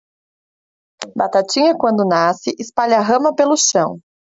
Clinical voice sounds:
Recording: short text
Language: Brazilian Portuguese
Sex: female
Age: 30 to 39 years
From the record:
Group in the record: control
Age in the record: 31 years

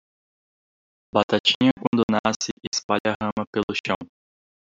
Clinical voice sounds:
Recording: short text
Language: Brazilian Portuguese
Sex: male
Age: 20 to 29 years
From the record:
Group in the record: control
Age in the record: 29 years

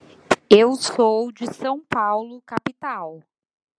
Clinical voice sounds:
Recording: short text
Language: Brazilian Portuguese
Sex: female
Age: 30 to 39 years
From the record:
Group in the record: control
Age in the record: 37 years

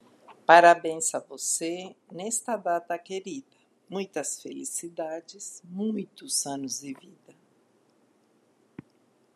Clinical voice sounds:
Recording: short text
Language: Brazilian Portuguese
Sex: female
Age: 60 to 69 years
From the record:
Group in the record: control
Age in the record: 62 years

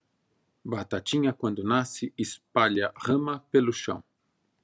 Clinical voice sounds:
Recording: short text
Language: Brazilian Portuguese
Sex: male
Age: 50 to 59 years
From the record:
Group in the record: control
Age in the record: 55 years

